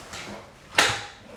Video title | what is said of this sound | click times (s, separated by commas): ComfyGo 440 HD Folding Powerchair with 440 LB Capacity - Unboxing and Assembly | And then you'll hear it click or latch in place. | 0.8 s